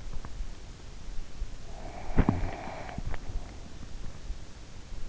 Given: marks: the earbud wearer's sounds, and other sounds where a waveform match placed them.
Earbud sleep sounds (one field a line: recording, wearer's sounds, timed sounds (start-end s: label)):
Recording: sounds in sleep by an in-ear microphone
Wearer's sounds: teeth grinding, snoring breath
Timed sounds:
0.04-0.39 s: teeth grinding
1.71-3.84 s: snoring breath
2.15-3.28 s: teeth grinding